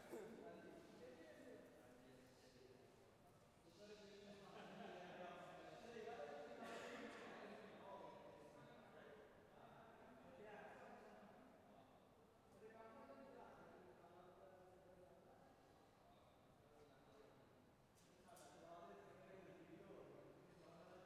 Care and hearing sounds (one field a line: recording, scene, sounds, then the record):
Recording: everyday scene through a hearing-aid microphone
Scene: reverberant space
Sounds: background noise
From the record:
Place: railway station hall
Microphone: behind the ear, left, front